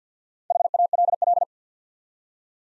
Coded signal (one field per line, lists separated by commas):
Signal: Morse code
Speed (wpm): 50 wpm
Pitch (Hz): 700 Hz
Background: none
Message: HALL